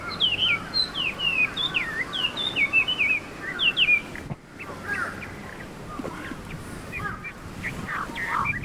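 Chinese hwamei giving rapid, varied whistled phrases for about four seconds, then softer scattered notes fading into background noise.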